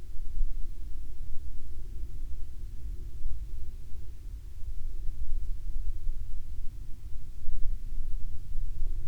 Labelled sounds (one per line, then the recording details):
near silence
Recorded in the Arctic National Wildlife Refuge, Alaska, on 31 July 2019 at 15:55
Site 40